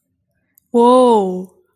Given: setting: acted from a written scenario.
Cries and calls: vocal sound without words; awe

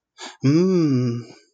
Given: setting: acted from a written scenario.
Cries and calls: vocal sound without words; romantic love

